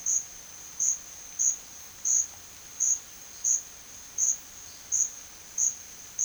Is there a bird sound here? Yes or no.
no